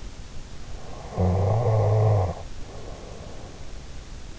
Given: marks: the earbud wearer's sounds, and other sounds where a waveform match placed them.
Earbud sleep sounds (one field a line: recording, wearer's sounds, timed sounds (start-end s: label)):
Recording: sounds in sleep by an in-ear microphone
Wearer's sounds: snoring breath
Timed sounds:
1.04-3.79 s: snoring breath